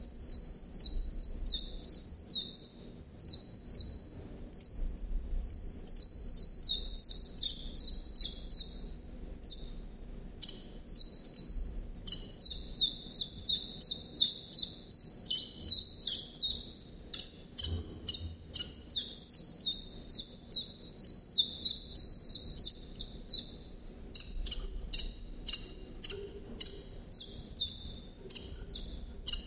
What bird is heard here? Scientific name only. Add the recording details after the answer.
Phylloscopus collybita. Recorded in captivity. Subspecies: collybita. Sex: male. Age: adult. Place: Zoologisches Institut Universität Tübingen, Baden-Württemberg, DE. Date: 1966-04-13. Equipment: Nagra III PH, MD 421, kleiner englischer Parabolspiegel, LGS26. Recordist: Schneider, Hans-Joachim